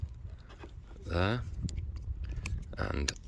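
The wiring plug of an LED DRL/fog light unit is handled toward its mating connector behind the bumper grille of a VW Golf Mk6 while someone talks. Faint handling noises and a few short sharp ticks are heard, but nothing has seated or clicked into place yet.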